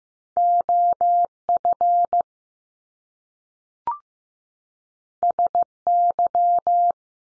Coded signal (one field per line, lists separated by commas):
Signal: Morse code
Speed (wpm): 15 wpm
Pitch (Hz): 700 Hz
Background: none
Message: O F S Y